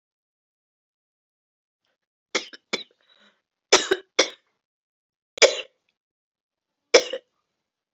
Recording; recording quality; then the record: heavy voluntary cough; excellent, no background noise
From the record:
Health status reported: COVID-19 positive, mild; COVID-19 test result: positive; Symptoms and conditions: cough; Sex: female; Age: 54 years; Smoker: not ticked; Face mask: not worn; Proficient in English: yes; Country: India